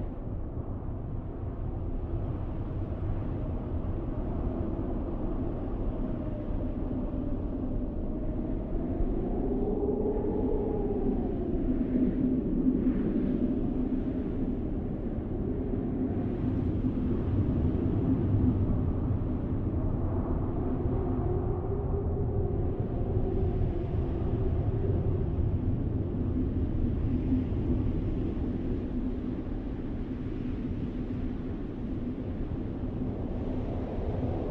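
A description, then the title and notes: Blizzard wind roars steadily across a field, a deep constant rumble with a low howl that slowly rises and falls in pitch. Blizzard in a field.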